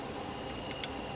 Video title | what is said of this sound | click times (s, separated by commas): Rambler generator repair maintenance installing brushes AMAZING p4 | there clicked in place | 0.8 s